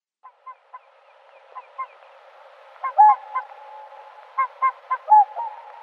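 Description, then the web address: Whooper swan honks, a few soft, spaced notes that build into louder, bugling calls with long, sustained trumpet notes. Uzbekistan. "Uzbek hayvonlar. Cygnus cygnus"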